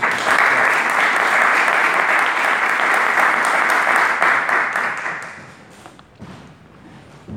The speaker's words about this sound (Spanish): Así que espero que lo disfrutemos y, bueno, recibirlo con un caluroso aplauso.